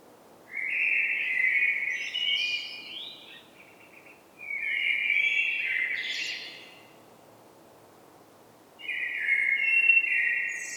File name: Turdus merula